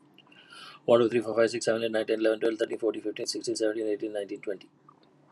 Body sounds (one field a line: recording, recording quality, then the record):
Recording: counting at a fast pace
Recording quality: excellent, no background noise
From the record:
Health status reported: healthy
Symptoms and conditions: diabetes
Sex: male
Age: 55 years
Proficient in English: yes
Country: India